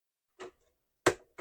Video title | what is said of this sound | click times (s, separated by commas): Fanhome Millennium Falcon Build Series - Stages 46, 47, 48, 49 - Ep 35 | That rear one to snap into place. There we go. | 1.1 s